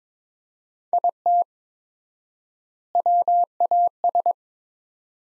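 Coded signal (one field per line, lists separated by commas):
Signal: Morse code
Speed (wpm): 22 wpm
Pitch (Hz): 700 Hz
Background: none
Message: IT WAS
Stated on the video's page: Morse practice of sentences from the top 500 words at 22 wpm with 4x standard word spacing, a Farnsworth-like method for head-copy.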